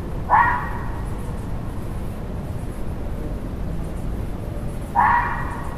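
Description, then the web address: Fox barks twice, about four and a half seconds apart, over a steady low background rumble. Fox recorded in a forest. "audio bosco volpina"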